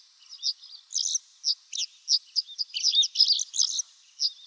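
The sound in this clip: Pipit calls: sharp, high, chirpy notes, some single and some in quick clusters, given irregularly throughout against a quiet, clean background.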